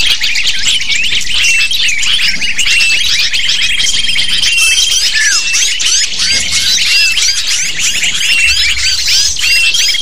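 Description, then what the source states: Lovebirds calling as a flock, a dense, continuous chorus of shrill, squeaky chirps and twittering notes with occasional longer thin whistles. Used as a lure to attract lovebirds.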